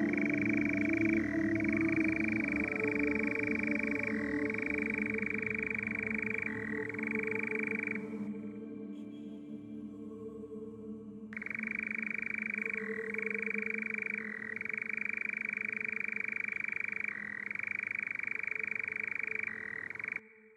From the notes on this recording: the strange primeval churring of a nightjar